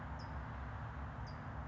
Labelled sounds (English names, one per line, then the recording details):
California Towhee
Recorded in Sonoma County, California